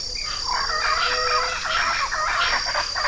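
Bird calls, a dense run of harsh, harmonic chattering notes that rise and fall almost without pause, over a steady high hiss.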